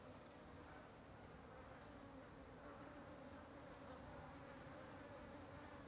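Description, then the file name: Fly: constant buzzing of numerous flies, a dense wavering hum with no breaks. Ambience of many flies flying over something. "Ambiencia de Muitas Moscas Sobrevoando algo"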